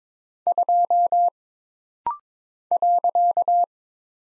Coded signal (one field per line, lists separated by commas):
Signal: Morse code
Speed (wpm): 22 wpm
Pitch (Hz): 700 Hz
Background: none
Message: 2 .